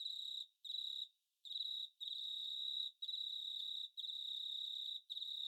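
Cricket giving a shrill, high-pitched trill in bursts of varying length, separated by brief pauses and one longer silence.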